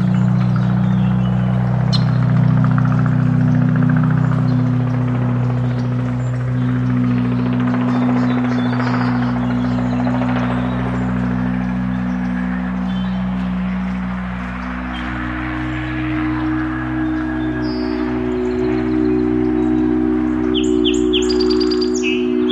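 Ambience at Oaks Bottom along the Willamette River, dominated by a steady low droning hum whose pitch shifts slightly around seven and fifteen seconds, like a passing engine or train. Faint scattered ticks sit above it, and a cluster of high bird chirps appears near the end.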